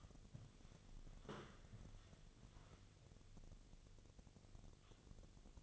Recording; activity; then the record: daily activity, microphone in the room; walk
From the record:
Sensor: 4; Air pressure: 1001.3 hPa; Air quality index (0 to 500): 174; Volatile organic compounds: 2 ppm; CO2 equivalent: 1255 ppm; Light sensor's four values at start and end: 14/33/13/13 and 14/33/13/13